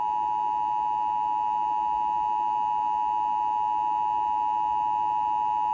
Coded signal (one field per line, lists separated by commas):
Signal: Emergency Alert System (SAME) tones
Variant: 853 and 960 Hz attention tone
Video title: SEABREEZE INSANITY 13: SOUTH FLORIDA’S WILDNESS - EAS Alerts From 8/23/25 - 8/24/25 (EAS #4582-4599)